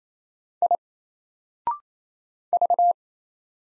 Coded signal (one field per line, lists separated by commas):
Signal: Morse code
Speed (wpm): 28 wpm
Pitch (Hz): 700 Hz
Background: none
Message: I V